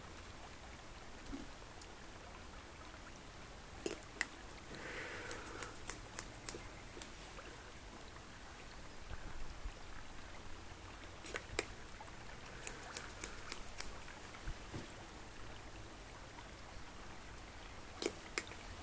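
Rain patters softly and steadily in the background, a quiet even hiss. Over it come small, sharp clicks of a pincer-like tool snapping open and shut, bunched around five to seven seconds and again near twelve to fourteen seconds, with scattered single clicks elsewhere.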